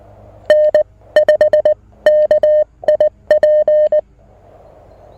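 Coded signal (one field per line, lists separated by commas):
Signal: Morse code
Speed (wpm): 18 wpm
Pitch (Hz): 590 Hz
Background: none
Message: N5KIP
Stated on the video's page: QRP Parks on the Air activation on 20 and 40 meters with a Mountain Topper MTR-4B V2.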